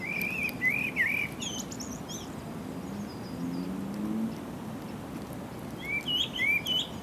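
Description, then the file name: Common blackbird singing looping whistled notes at the start, a pause with low hum, then another brief fluty phrase near the end. "Turdus merula"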